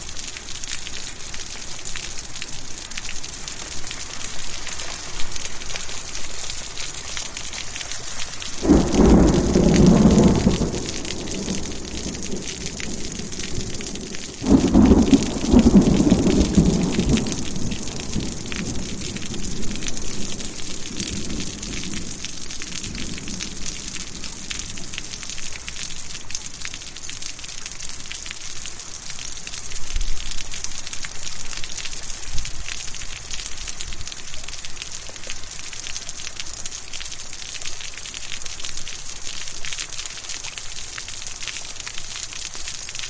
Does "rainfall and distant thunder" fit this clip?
yes